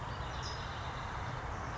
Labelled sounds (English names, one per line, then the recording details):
California Towhee
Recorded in Sonoma County, California